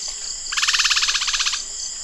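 Bird rattle: one burst of about a second of quick, rasping, evenly spaced pulses that starts and stops sharply, with a steady high hiss behind it.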